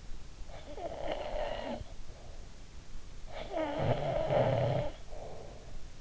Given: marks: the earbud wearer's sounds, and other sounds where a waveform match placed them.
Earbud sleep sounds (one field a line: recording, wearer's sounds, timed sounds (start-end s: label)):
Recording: sounds in sleep by an in-ear microphone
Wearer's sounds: snoring breath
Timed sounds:
0.26-2.57 s: snoring breath
2.99-6.01 s: snoring breath